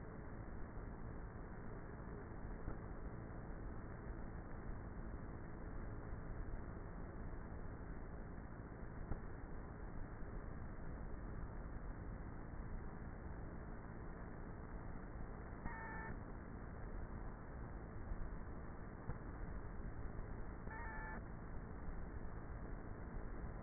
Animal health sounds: honeybee colony, microphone inside the hive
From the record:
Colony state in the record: queenless with a low population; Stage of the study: before two queens were removed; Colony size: about 30,000 bees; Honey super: no

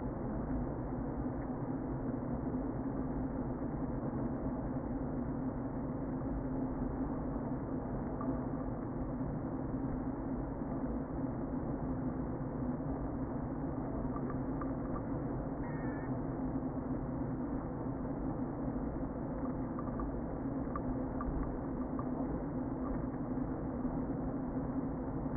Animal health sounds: honeybee colony, microphone inside the hive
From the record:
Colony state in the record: queen present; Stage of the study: before two queens were removed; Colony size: about 60,000 bees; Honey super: yes

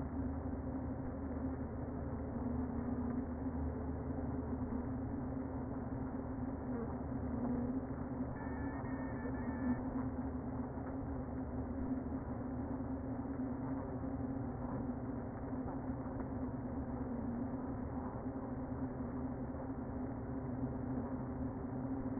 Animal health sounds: honeybee colony, microphone inside the hive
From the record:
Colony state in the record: queen present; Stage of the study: before two queens were removed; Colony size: about 60,000 bees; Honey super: yes

